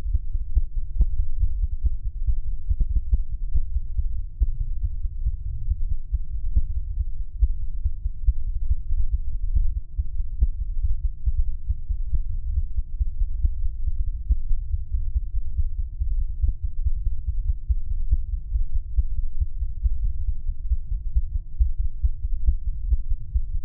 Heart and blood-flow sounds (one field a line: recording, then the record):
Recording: fetal heart sounds by stethoscope on the mother's abdomen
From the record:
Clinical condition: bleeding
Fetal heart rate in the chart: 148 bpm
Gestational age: 34 weeks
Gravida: 3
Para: 1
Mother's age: 23 years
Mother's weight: 49 kg